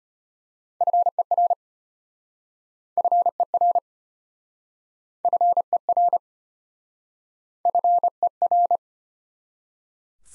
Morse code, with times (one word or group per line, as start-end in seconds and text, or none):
0.8-1.5 FER
3.0-3.8 FER
5.2-6.2 FER
7.7-8.8 FER